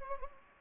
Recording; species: mosquito wingbeat signal from an infrared sensor; Anopheles gambiae